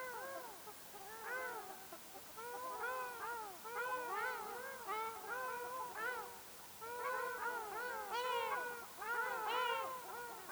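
Ruddy shelduck calls: nasal honks in bursts from several birds, growing busier and louder toward the end.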